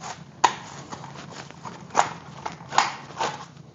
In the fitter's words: Just snaps in place like that.